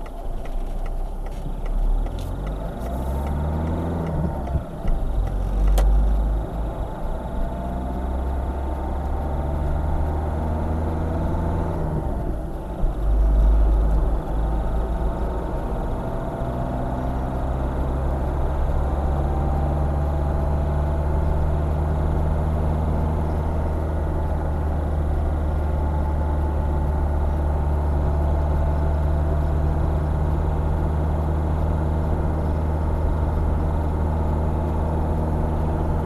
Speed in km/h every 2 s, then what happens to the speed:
12, 23, 27, 33, 38, 38, 40, 42, 46, 52, 53, 54, 55, 53, 56, 58, 59, 60.
0-8 speeds up to 38. 8-13 steady at about 38. 13-21 speeds up to 54. 21-36 steady at about 56.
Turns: none.